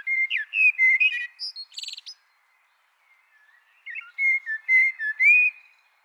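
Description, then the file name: Eurasian blackbird song of flowing fluted whistles ending in a burst of high chattering squeaks, then a short pause and another mellow whistled phrase. "Turdus merula"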